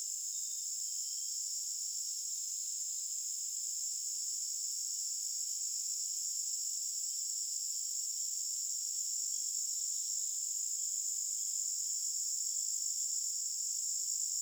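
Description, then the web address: Cricket chorus of unbroken high shrill trills that hold level throughout. Forest ambience. "Epidemic Sound Albums. Forest Birds Crickets"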